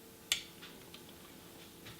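A torque wrench set at 55 inch-pounds is tightened on a second chassis screw and gives a sharp, bright click at 0.3 s, confirming the screw is torqued to the setting. A fainter tick follows near 0.9 s over a low, steady background.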